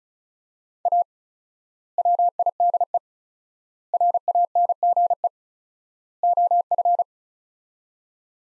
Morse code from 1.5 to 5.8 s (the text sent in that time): WIDE RANGE